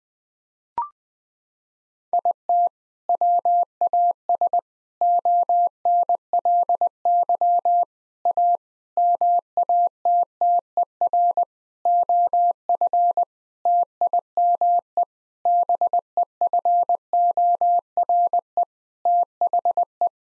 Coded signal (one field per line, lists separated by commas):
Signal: Morse code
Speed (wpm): 20 wpm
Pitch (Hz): 700 Hz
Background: none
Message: IT WAS ONLY A MATTER OF TIME BEFORE THE